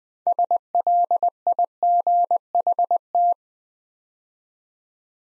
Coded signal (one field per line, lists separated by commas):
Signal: Morse code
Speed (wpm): 20 wpm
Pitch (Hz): 700 Hz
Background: none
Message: SLIGHT